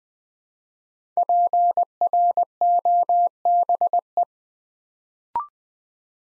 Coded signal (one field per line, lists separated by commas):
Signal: Morse code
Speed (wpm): 20 wpm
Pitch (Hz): 700 Hz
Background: none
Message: PROBE